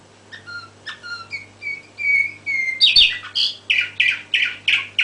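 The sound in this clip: Canary song opening with thin whistled notes, then a steady series of loud rhythmic chirps repeated about three times a second.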